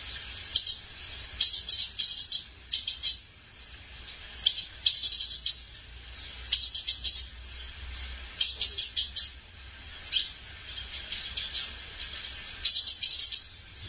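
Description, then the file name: Tanager song of quick, high, tinkling chirps grouped into short bursts that recur irregularly over a soft steady background hiss. "canto da saira pintor"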